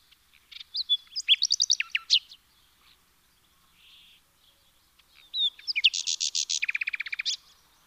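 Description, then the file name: Common nightingale song in two phrases: whistles and fast stuttering notes, a pause with faint soft notes, then a long rapid run of loud repeated chirps. "Luscinia megarhynchos"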